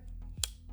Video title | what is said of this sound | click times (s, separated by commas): Canon EOS R6 Mark III User’s Guide: How To Set Up & Use Your Camera (+ R6V) | click, and it is now attached. | 0.4 s